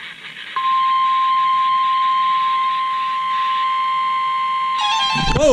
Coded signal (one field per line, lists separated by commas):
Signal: Emergency Alert System (SAME) tones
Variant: 1050 Hz attention tone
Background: speech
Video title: A Special Guest! | EAS Alerts From 6/27/20 | EAS# 87.5-91.5